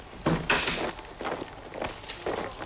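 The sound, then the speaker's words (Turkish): Footsteps of soldiers approaching: a handful of dull, heavy thuds and scuffs at an uneven pace, fairly quiet, with no voices. “Bak dinle. Askerler. Buraya geliyorlar.”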